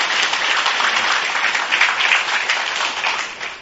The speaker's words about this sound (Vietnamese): Cho quý vị một tràng pháo tay.